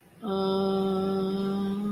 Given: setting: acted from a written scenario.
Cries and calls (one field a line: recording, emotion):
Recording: vocal sound without words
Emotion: neutral